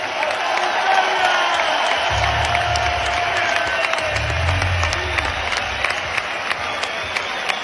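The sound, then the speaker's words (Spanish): A large crowd of nearly 15,000 in Madrid applauds steadily, a dense wash of clapping that stays loud and even throughout, with a couple of low rumbling swells partway through. “Pues este ricasco Madrid, hoy te aplauden casi 15.000.”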